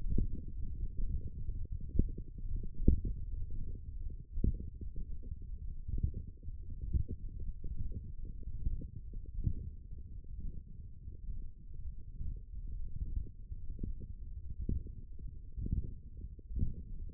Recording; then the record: forearm muscle sounds (acoustic myography)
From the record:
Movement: radial deviation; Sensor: system 1, eight BSWA MPA416 microphones around the upper forearm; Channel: 2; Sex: male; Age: 23 years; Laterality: right